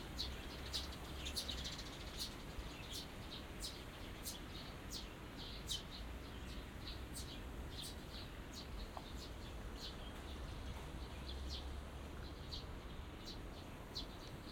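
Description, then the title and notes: Small birds chirping in short high bursts, scattered throughout over a steady low hum and background noise. Binaural recording in a small garden in a corner of Yushima Tenjin shrine, Tokyo, Japan, surrounded by buildings, after rain. "小鳥のさえずり、雨上がりの庭園にて（Binaural）- Birds singing in the garden. 湯島天神の片隅にある小さな庭園で録音しました。"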